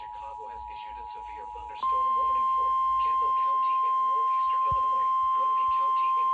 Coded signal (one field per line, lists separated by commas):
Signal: Emergency Alert System (SAME) tones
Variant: 853 and 960 Hz attention tone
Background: speech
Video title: EAS 964: LOT 80MPH WIND SVR